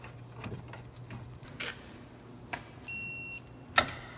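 A torque wrench tightens a caliper bracket bolt to 81 ft-lb during a rear brake pad and rotor replacement on a 2010-2016 Cadillac SRX FWD. Soft ticks and a brief tap at 2.5 s are followed by a steady high beep tone from about 2.9 to 3.4 s. The wrench gives a loud, sharp click at 3.8 s, confirming the bolt has reached its torque setting.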